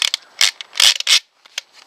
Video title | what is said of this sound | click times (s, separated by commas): H&R Pardner pump shotgun | and if you get it in there right you should hear a ratchet | 0.1 s, 0.4 s, 0.8 s, 1.0 s, 1.6 s